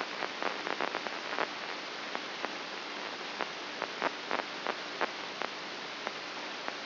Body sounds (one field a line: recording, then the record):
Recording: brain microelectrode recording played as sound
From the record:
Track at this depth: inside the subthalamic nucleus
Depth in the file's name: 3.84 mm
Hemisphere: right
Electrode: 2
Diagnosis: Parkinson's disease